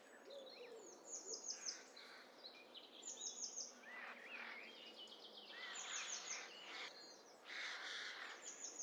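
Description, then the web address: Mixed birdsong from several birds: high rapid descending trills, slurred whistles and broader harsh chirps, overlapping throughout with a soft background hiss. Hi-fi stereo mixture of several birds. "Hi Fi STEREO BIRD COCKTAIL PARTY"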